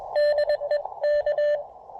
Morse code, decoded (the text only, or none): DE K